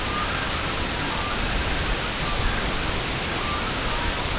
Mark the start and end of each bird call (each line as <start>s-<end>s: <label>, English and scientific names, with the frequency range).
0.00s-4.39s: Red-throated Loon (Gavia stellata) (0.4-2.3 kHz)